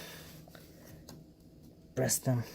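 An Asgard Valkyrie V5 Series Polar White RGB DDR4 memory stick is handled over a motherboard DIMM slot, with faint low taps and rustles around 0.5 s and 1.1 s over a quiet background hum. Near the end, someone talks briefly. The module has not seated or clicked into the slot yet.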